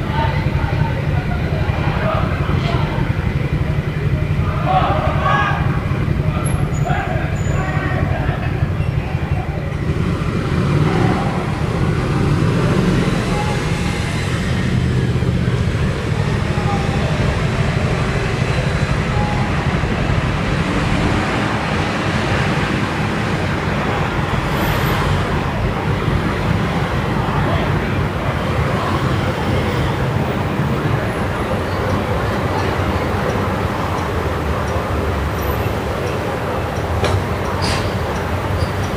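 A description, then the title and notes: Evening street noise on a Milan road: a dense, steady wash of passing traffic with a low rumble throughout and no real pauses. Scattered voices and brief bright clicks or squeaks rise now and then above the constant hum of cars. Via Moscova, Milano (Evening). Recorded in Milan, Italy, on via della Moscova, overlooking Largo la Foppa. At 7:30 PM.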